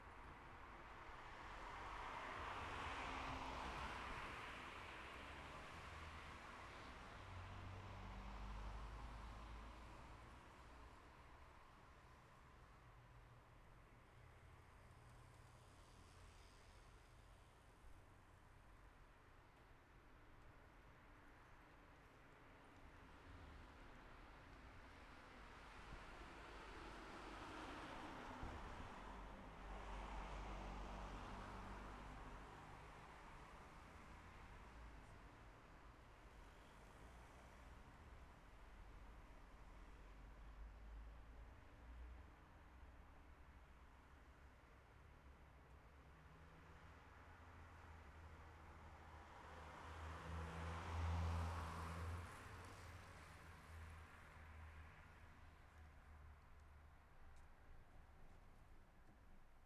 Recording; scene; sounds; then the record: everyday scene through a hearing-aid microphone; in traffic; traffic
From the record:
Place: city secondary road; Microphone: behind the ear, left, rear